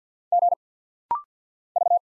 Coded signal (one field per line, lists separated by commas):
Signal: Morse code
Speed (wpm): 50 wpm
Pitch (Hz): 700 Hz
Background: none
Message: G V